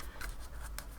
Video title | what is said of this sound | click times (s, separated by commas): Reviewing papercrafting products from FGNORMAL.COM | into place if you just feel yeah there we go that's snapped into place now take | 0.8 s